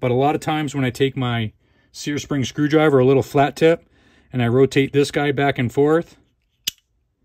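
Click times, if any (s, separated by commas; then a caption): 6.7 s. Someone talks while a small flat-tip Sears spring screwdriver rocks the metal locking insert of a SIG Sauer P226 X5 Legion back and forth, without forcing it, against the side of the pistol frame. At 6.7 s a single sharp click sounds as the insert pops the rest of the way down and seats in the frame.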